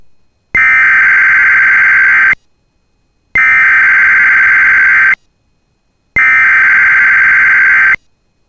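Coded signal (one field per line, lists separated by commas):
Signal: Emergency Alert System (SAME) tones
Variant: header bursts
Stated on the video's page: Emergency Alert System tests, the first of 2024.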